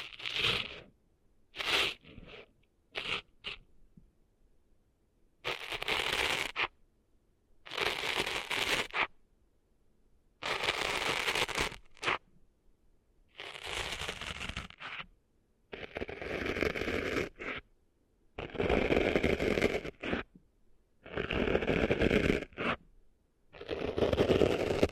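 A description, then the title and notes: Someone cleans sand out of their ears: bursts of gritty, crackling scratching separated by dead silence. A few quick short rubs open the clip, then longer scrapes of a second or two come every two to three seconds, fairly bright and rough. ASMR Cleaning Sand Out of Your Ears (No Talking).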